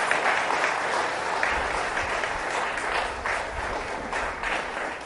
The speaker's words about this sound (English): Having heard the talented artists, I'm sure you enjoyed them. I think they need a bigger applause.